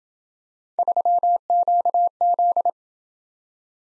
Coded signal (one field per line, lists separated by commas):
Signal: Morse code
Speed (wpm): 27 wpm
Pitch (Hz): 700 Hz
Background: none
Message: 3QZ